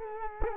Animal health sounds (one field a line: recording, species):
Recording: mosquito wingbeat signal from an infrared sensor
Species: Culex quinquefasciatus